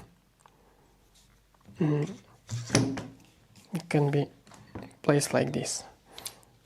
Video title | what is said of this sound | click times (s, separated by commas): This mini tripod is what I needed | Something didn't click yet. | none